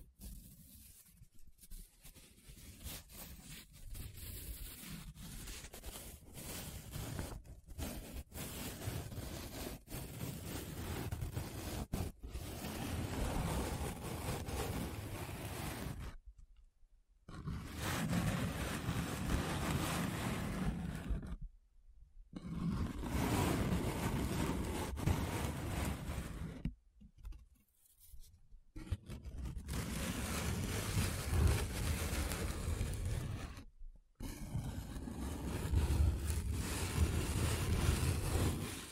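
Paper being rubbed and scratched in long, continuous strokes, a dense, rough rushing texture heavy in the low end. Brief silences break it near 17, 22, 27 and 34 seconds, and the later passages swell and fade more smoothly than the choppier opening.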